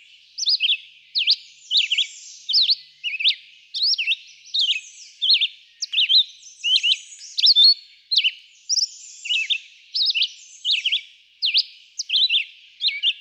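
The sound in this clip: Red-eyed vireo giving a long series of brief whistled phrases, each sweeping up or down, with short pauses between.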